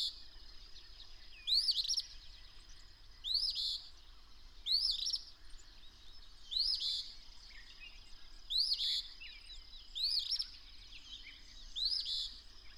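Bird singing repeated phrases, each a rising whistle followed by a buzzy trill, a steady high tone running underneath.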